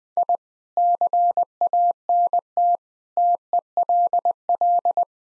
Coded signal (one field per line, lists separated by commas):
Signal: Morse code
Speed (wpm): 20 wpm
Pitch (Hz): 700 Hz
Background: none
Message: I CANT TELL